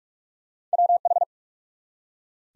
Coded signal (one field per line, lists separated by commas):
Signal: Morse code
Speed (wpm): 44 wpm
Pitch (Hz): 700 Hz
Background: none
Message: WH